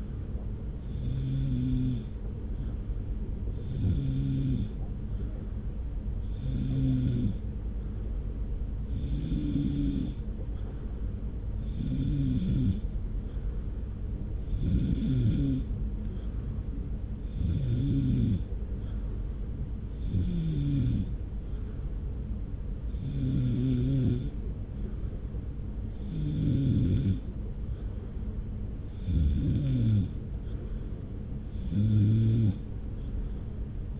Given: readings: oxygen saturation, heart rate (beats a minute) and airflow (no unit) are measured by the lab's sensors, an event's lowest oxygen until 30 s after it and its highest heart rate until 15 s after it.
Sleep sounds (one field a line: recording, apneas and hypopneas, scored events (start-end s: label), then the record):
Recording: breathing in sleep by a smartphone at the bedside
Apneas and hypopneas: 1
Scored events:
3.00-22.50 s: hypopnea (N3, oxygen 94% highest, then 93% lowest)
16.00-34.00 s: new sleep stage, N2 (light sleep)
From the record:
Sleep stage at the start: N3 (deep sleep)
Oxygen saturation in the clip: 93 to 94%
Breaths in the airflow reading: 12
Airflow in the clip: -0.8 to 1.0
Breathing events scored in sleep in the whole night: 335 in 6.7 hours asleep